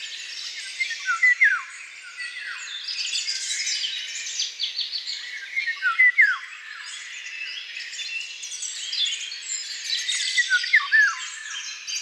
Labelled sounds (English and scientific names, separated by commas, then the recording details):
Eurasian Golden Oriole (Oriolus oriolus) song
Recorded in the wild
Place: Waltershofen / Freiburg im Breisgau, Baden-Württemberg, DE
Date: 2006-05-06
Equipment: MiniDisc Sharp MT 20 H
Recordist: Schwarz, Dieter